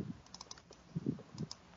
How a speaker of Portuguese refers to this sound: Tô ouvindo um barulho de teclado. Mandei o meu palpite aqui.